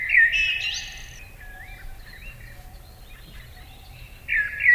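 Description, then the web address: Eurasian blackbird song, a fluty warbled phrase trailing into thin high twitters, soft whistles in the pause, then another rich phrase starts. Recorded in summer. "Yle. Luontovuosi kesa mustarastas"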